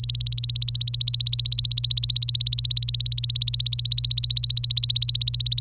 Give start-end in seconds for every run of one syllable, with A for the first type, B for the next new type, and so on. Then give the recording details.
0.00-5.60 A. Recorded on 26 April 2018 at 11:47. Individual llb3